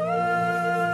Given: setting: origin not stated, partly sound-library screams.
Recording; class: one-second piece from a danger detection set; normal situation